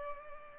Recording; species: mosquito wingbeat signal from an infrared sensor; Culex pipiens